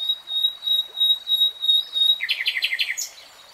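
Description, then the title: Nightingale song: a long, pure, steady whistle with a pulsing swell, then a quick run of rich repeated notes. Nightingale singing in real time. "[Tiếng chim hót] 3 Hours REALTIME Nightingale Singing"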